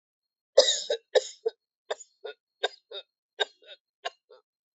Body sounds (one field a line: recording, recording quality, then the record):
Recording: heavy voluntary cough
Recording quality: excellent, no background noise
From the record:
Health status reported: healthy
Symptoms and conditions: none ticked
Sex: female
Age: 42 years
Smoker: not ticked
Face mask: not worn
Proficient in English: yes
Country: India